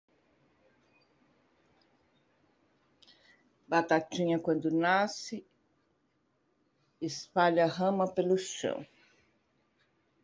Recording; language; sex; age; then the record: short text; Brazilian Portuguese; female; 60 to 69 years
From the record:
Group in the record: control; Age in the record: 65 years